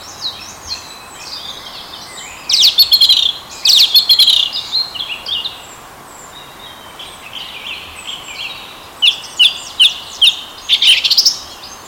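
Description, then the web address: Song thrush song: a dense buzzy phrase given twice, softer varied notes, then crisp clicking notes repeated several times in quick succession. "vogel sounds turdus philomelos"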